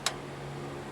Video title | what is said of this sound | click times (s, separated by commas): Install and remove a wheel | I don't know if you heard that click, but let's try | 0.1 s